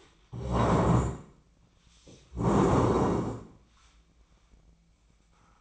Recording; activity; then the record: daily activity, microphone in the room; stand up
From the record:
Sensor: 1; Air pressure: 1012.4 hPa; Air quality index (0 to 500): 172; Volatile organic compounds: 3 ppm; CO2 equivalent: 1410 ppm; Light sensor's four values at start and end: 44/121/49/60 and 44/120/49/60